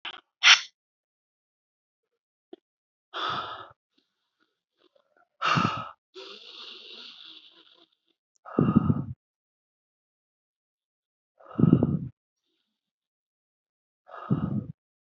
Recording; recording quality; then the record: deep breathing; excellent, no background noise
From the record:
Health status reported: respiratory illness, not identified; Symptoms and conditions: none ticked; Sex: male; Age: 45 years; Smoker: not ticked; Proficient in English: yes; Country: India